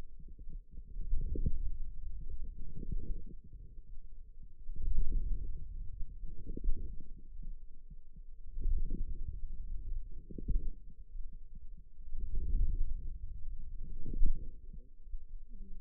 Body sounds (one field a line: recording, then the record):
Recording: forearm muscle sounds (acoustic myography)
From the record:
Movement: wrist flexion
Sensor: system 2, bracelet of six BSWA MPA416 microphones around the upper forearm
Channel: 4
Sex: female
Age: 21 years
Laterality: right